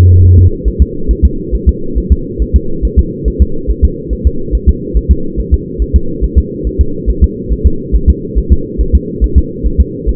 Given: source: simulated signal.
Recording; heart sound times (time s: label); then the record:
fetal heart sounds
0.25 s: S1
0.39 s: S2
0.68 s: S1
0.82 s: S2
1.11 s: S1
1.25 s: S2
1.55 s: S1
1.69 s: S2
1.98 s: S1
2.12 s: S2
2.42 s: S1
2.56 s: S2
2.85 s: S1
2.99 s: S2
3.28 s: S1
3.42 s: S2
3.70 s: S1
3.85 s: S2
4.13 s: S1
4.27 s: S2
4.55 s: S1
4.69 s: S2
4.97 s: S1
5.11 s: S2
5.39 s: S1
5.54 s: S2
5.82 s: S1
5.96 s: S2
6.24 s: S1
6.38 s: S2
6.67 s: S1
6.81 s: S2
7.10 s: S1
7.24 s: S2
7.52 s: S1
7.66 s: S2
7.95 s: S1
8.10 s: S2
8.38 s: S1
8.52 s: S2
8.81 s: S1
8.95 s: S2
9.24 s: S1
9.38 s: S2
9.66 s: S1
9.80 s: S2
10.09 s: S1
From the record:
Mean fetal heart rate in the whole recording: 140 bpm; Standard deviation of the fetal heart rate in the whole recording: 2 bpm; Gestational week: 34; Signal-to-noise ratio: -8.1 dB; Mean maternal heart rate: 72 bpm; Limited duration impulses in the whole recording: present